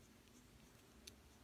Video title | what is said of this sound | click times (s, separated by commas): CT Scuderia 7010N S - Unboxing | it is dates nice and smooth see two clicks there | 0.3 s, 1.1 s